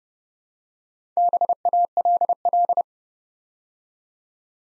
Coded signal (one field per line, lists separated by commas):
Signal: Morse code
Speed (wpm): 30 wpm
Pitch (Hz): 700 Hz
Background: none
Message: BALL